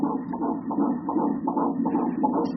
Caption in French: Un petit cœur qui bat.